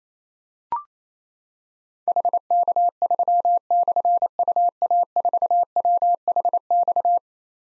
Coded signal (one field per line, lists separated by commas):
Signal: Morse code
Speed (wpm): 27 wpm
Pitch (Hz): 700 Hz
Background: none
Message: HK3/UA4WHX